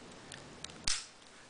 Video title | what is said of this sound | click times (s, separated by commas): Samsung Captivate first power on | there we go. Feels a nice little chunk click sound to close the battery door. | 0.7 s, 0.9 s